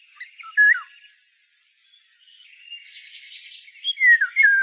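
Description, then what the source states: Eurasian golden oriole song: a short whistled phrase dropping in pitch, a quieter warbling stretch, then another fluting phrase sliding down at the end. Fluty song heard in May from the treetops; played back as a closing example.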